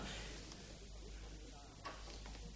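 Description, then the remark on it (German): A door opens with a short, sharp clack and a brief creaking squeal, heard once against a steady low hum and faint background murmur. “Die Tür geht auf.”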